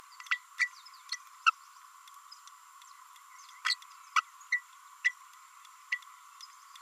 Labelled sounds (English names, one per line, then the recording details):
Green-rumped Parrotlet babbling
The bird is a female
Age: 30 days
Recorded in a nest box in Venezuela
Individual 17B32A5